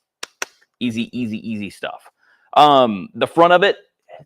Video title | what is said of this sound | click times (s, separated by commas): Introducing the all new Profoto A2 | if you have an a10 and you're thinking about adding something like this you already have batteries that match up and it just clicks right into the top | 0.2 s, 0.4 s